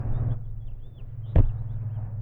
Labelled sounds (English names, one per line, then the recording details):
House Finch song
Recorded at WGilgo Beach on Long Island, New York, on 22 May 1975
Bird A